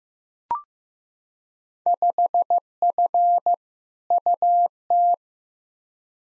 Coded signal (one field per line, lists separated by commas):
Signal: Morse code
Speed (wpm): 15 wpm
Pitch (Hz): 700 Hz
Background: none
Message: 5F UT